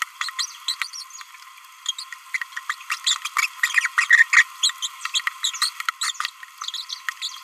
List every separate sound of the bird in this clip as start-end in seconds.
0.21-0.30, 0.39-0.46, 0.68-0.74, 0.81-0.87, 1.86-1.91, 1.99-2.04, 2.34-2.37, 2.57-2.59, 2.70-2.74, 2.90-2.98, 3.04-3.17, 3.25-3.28, 3.37-3.46, 3.63-3.87, 3.98-4.05, 4.10-4.23, 4.33-4.43, 4.63-4.71, 4.83-4.87, 5.14-5.21, 5.62-5.69, 6.02-6.11, 6.20-6.29, 6.89-6.95, 7.22-7.29